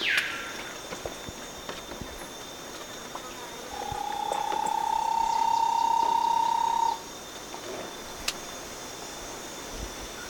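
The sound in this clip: Bahia tapaculo delivering a long, fast trill of even notes, rising very slightly in pitch and lasting about three seconds, with faint clicks and steady background hiss.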